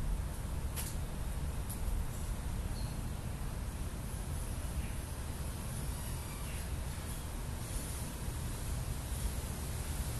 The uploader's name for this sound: After rain. One plane